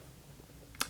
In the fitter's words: now I have something like this where the side makes that snapping noise because it just doesn't lock in all the way